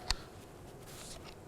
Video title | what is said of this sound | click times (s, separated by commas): Hand Router Demo - Mr. Schram's Woodshop | With that being clicked in, it will pause and lock into place. | 0.1 s